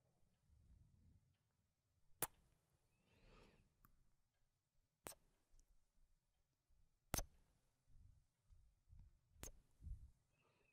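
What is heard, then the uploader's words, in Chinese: Kisses and lip sounds with lipstick triggers: four sharp, crisp smacks or pops land roughly every two to three seconds. Between them, soft low mouth and handling noises murmur along, with a brief swishy rustle around the third second. 亲亲与口唇声。各种口红触发音。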